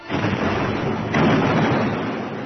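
Heavy cannon fire destroying a bridge at Berezina blends into a dense, continuous booming roar, loud and unbroken throughout, with the rumble swelling slightly partway through before easing off. No voices are heard.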